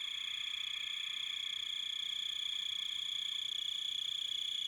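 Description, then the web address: Crickets trilling in a dense, continuous high-pitched chorus, with several steady shrill tones layered over one another and a fast regular pulse throughout. "Sounds of Nature Collection. Crickets And Wolves"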